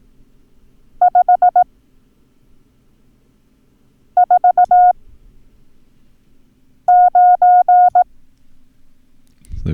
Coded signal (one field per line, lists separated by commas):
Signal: Morse code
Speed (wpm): 18 wpm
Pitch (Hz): 720 Hz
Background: speech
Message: 549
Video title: Learn Morse Code - Numbers - Lesson 3